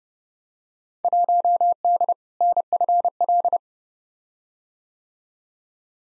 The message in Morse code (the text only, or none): 1D NFL